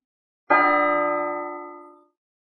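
A single bell strikes with a sharp attack, signalling that an auction at Thiên Yêu Bảo Khuyết is about to begin, and rings out in rich, steady overtones, fading smoothly over about a second and a half into silence.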